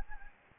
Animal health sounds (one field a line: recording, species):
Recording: mosquito wingbeat signal from an infrared sensor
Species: Anopheles gambiae